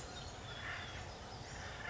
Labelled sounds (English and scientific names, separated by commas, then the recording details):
Acorn Woodpecker (Melanerpes formicivorus)
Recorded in Sonoma County, California